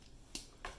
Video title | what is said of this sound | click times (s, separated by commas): Warlock Tiles Unboxing! The new Warlock Tiles from Wizkids Games! | put the clip in till it clicks then you tilt it up one and down one and it's really in there believe | 0.3 s, 0.6 s